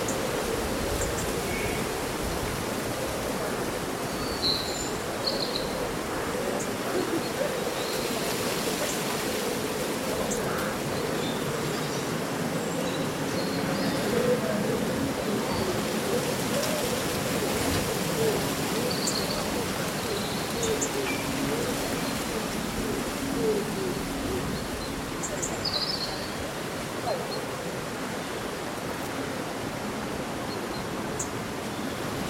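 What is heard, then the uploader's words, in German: Leaves rustle in a steady, dense hiss throughout, while small bird chirps flicker above it every few seconds, brightest around the middle. Raschelndes Laub und Vogelgesang.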